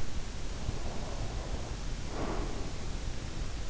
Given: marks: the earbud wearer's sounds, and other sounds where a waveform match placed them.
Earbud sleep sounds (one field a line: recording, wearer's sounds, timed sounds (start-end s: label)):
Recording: sounds in sleep by an in-ear microphone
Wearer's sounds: breath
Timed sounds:
0.42-3.00 s: breath